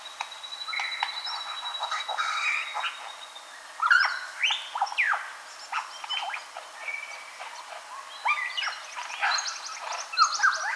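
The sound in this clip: Superb lyrebird song: a dense, varied medley of sharp chips, buzzy notes, swooping whistles and a long steady tone, changing quickly throughout.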